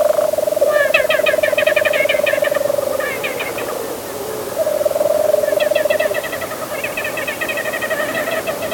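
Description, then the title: Lesser Nighthawk giving long, even, low purring trills in two bouts, with higher chattering sounds over them. This call indicates lesser nighthawks swooping and diving to catch insects. "What‘s that Bird?: Lesser Nighthawk"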